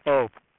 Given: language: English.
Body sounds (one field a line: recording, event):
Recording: throat vibration sensor signal played as sound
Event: speech